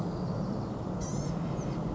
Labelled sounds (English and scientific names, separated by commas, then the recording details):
Blue-gray Gnatcatcher (Polioptila caerulea)
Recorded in Sonoma County, California